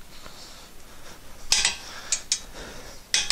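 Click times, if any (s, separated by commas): 3.1 s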